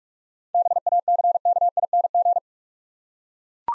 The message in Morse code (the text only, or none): BACKING